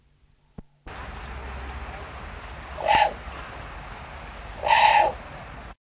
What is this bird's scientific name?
Corvus corax